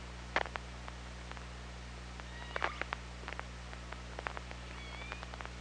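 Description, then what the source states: Killer whale sounds: faint thin tonal calls near two seconds and again near the end, with scattered sharp clicks over a constant low hum. Recorded by OrcaLab hydrophone on 24 August 2017 at 17:39.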